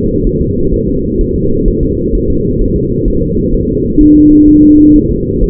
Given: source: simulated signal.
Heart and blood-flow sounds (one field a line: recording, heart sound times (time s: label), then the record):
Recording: fetal heart sounds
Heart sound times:
0.27 s: S1
0.41 s: S2
0.74 s: S1
0.89 s: S2
1.21 s: S1
1.36 s: S2
1.68 s: S1
1.83 s: S2
2.15 s: S1
2.30 s: S2
2.61 s: S1
2.76 s: S2
3.08 s: S1
3.23 s: S2
3.54 s: S1
3.69 s: S2
4.01 s: S1
4.16 s: S2
4.48 s: S1
4.63 s: S2
4.96 s: S1
5.11 s: S2
5.44 s: S1
From the record:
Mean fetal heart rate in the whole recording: 130 bpm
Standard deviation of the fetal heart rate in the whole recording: 4 bpm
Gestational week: 38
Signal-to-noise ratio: -15.3 dB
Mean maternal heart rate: 72 bpm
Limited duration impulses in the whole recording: present